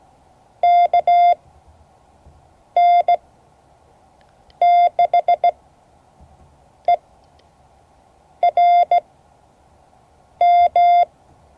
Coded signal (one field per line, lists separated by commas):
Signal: Morse code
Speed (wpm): 16 wpm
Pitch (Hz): 690 Hz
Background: none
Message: KN6ERM